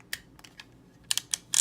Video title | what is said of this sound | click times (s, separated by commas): The Daily Review 197: Soul of Chogokin GunBuster GX-34R Gokin Color Version | these arms they need to be rotated all the way up and they will click in when | 1.1 s